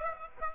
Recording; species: mosquito wingbeat signal from an infrared sensor; Aedes aegypti